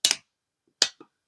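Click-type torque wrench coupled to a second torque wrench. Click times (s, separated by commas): 0.0 s, 0.8 s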